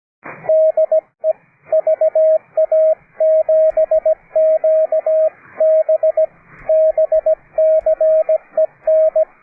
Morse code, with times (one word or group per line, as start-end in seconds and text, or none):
0.5-1.3 DE
1.7-6.3 VA7QB
6.7-9.2 BCEN